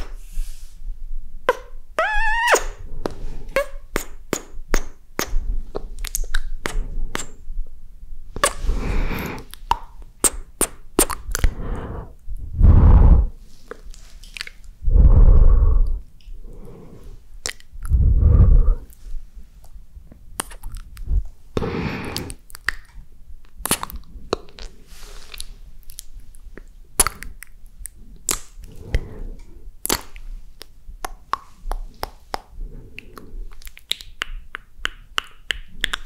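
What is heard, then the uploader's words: Wet kissing and lip smacks repeat in quick, irregular bursts, with soft squishy and clicking mouth sounds between them. Around 13, 15 and 18 seconds come louder, fuller rustling swells like hands rubbing skin or fabric, and a quiet low hum runs underneath. ASMR KISS and CARESS.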